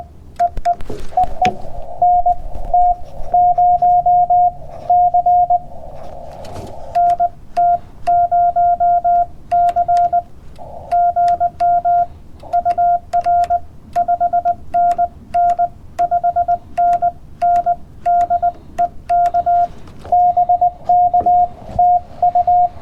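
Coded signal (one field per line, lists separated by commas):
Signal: Morse code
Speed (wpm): 19 wpm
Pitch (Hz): 710 Hz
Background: none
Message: EE EE NT0C NT0C GM UR 5NN 5NN DE K BK TU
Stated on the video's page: CW park activation with a Yaesu FT-891 at 20 watts into a 20m end-fed half-wave antenna on a portable mast.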